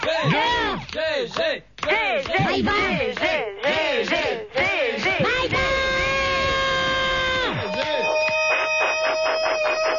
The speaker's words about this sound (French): Arrête de crier.